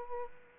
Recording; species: mosquito wingbeat signal from an infrared sensor; Aedes aegypti